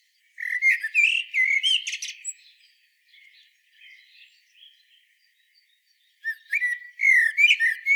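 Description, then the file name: Common blackbird song with two rich warbled phrases, each fluty and wavering before breaking into sharp high squeaks, separated by a few soft notes. "Turdus merula"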